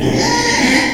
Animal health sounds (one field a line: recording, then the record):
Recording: squeal of a Yucatan mini pig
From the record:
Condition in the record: before surgery on the right vocal fold (resection and tissue-engineered implant)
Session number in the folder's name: 2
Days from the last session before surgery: 0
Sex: male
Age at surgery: 12 weeks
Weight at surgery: 13 kg